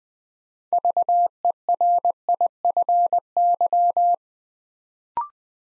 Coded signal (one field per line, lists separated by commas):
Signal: Morse code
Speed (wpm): 20 wpm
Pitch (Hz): 700 Hz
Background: none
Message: VERIFY